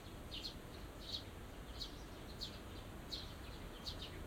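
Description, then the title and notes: Small bird chirping, clear high tweets repeated several times at short intervals, over a soft low hum. Birds singing in a small garden in a corner of Yushima Tenjin shrine, Tokyo, surrounded by buildings, after rain; binaural. "小鳥のさえずり、雨上がりの庭園にて（Binaural）- Birds singing in the garden. 湯島天神の片隅にある小さな庭園で録音しました。"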